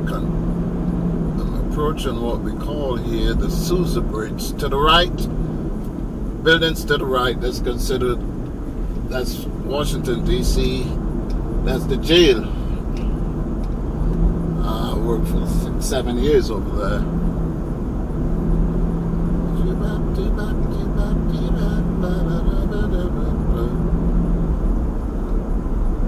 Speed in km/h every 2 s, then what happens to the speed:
55, 56, 53, 48, 45, 45, 45, 47, 50, 50, 53, 53, 55.
3-8 slows to 45. 8-26 speeds up to 55.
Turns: none.